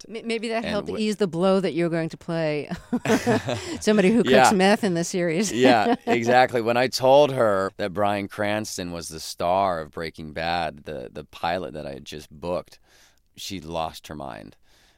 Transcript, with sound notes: Maybe that helped to ease the blow that you were going to play somebody who cooks meth in the series.
(SOUNDBITE OF LAUGHTER)
Yeah, yeah. Exactly. When I told her that Bryan Cranston was the star of "Breaking Bad," the pilot that I had just booked, she lost her mind.